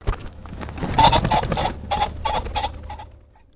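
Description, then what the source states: Pheasant calls: a rapid, uneven series of harsh clucking notes over a low rumbling hum. Captive-raised pheasants from Box Elder County and Nephi, waiting to be released in Utah for the hunting season.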